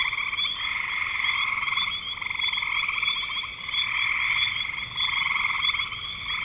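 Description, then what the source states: Frog chorus, continuous rasping pulsed trills rising and falling in intensity, overlaid by a thin high whine. Recorded in spring 2025.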